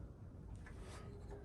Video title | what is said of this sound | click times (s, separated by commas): Giving The GT/18 A New Ignition System | There it goes. You might have heard it click that time. | 0.7 s